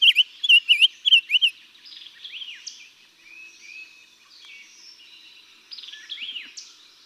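Summer tanager song: several quick, burry down-and-up whistled phrases at the start, followed by softer descending notes and chirps.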